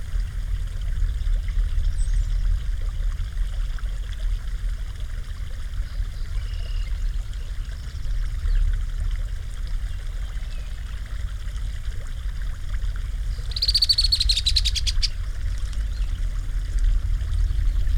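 Sand Creek flows in a steady low murmur, with faint bird calls and a brief bright trilling song burst around fourteen seconds.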